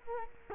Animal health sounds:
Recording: mosquito wingbeat signal from an infrared sensor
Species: Culex quinquefasciatus

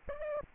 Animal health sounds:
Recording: mosquito wingbeat signal from an infrared sensor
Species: Culex pipiens

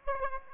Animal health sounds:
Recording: mosquito wingbeat signal from an infrared sensor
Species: Aedes aegypti

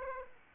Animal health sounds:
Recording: mosquito wingbeat signal from an infrared sensor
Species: Aedes aegypti

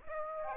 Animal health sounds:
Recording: mosquito wingbeat signal from an infrared sensor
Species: Aedes aegypti

